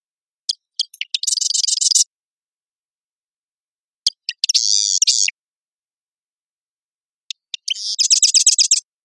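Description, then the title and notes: Marsh wren delivering three clattering songs: clicking introductory notes, then a dense, high, grating trill lasting about a second each, separated by silence. One male singing intensely at Marymoor Park, Redmond, Washington; songs noisy, clanking and constantly varying. "Marsh Wren - Cistothorus palustris - song. recorded at Marymoor Park in Redmond, WA"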